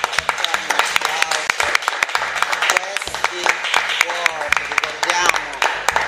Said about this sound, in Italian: E facciamo un applauso a tutti.